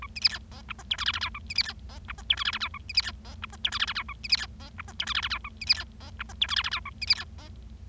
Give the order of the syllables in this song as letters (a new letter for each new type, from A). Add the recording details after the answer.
A B C D E F G H I J J K A B C D E F G H I J J K A B C D E F G H I J J K A B C D E F G H I J J K A B C D E F G H I J J K A B C D E. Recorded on 25 March 2012 at 11:21. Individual gy6or6